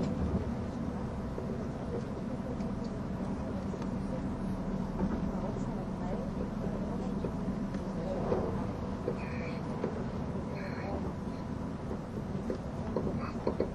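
A train runs the Gotthard Base Tunnel route with a steady low rumble and rattle, faint voices, and brief high squeals near ten seconds.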